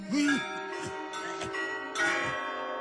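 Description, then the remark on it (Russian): A monastery clock chimes the quarter hour: four resonant bell strokes at a steady, unhurried pace, each ringing on and overlapping the next, with no voices present. “Монастырские часы пробили четверть.”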